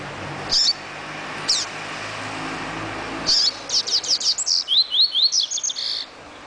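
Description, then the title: Double-collared seedeater song: a couple of isolated high chips, then a long rapid sequence of crisp repeated notes and rising slurs in quick rhythm. "Canto Coleiro"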